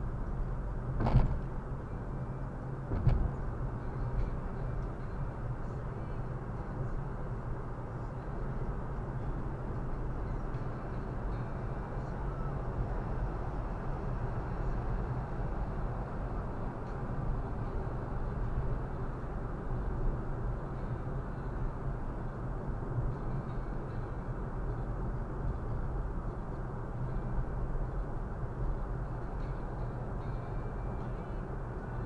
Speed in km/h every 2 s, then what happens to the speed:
70, 68, 67, 66, 66, 68, 69, 69, 69, 67, 66, 68, 68, 65, 62, 61.
0-24 steady at about 68. 24-32 slows to 61.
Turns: none.